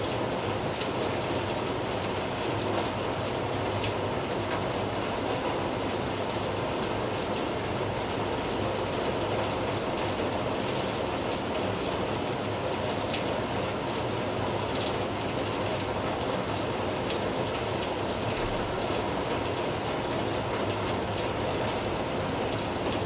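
Rain falls steadily on a home balcony during a monsoon shower, a dense, even hiss with no letup across the whole stretch. Countless drops patter on surfaces, with occasional brighter taps standing out, over a soft low rumble underneath.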